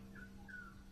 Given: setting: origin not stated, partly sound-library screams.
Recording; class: one-second piece from a danger detection set; normal situation